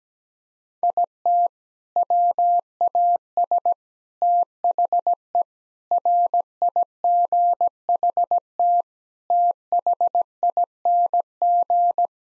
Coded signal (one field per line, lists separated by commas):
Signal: Morse code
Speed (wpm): 17 wpm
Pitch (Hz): 700 Hz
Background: none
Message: IT WAS THE RIGHT THING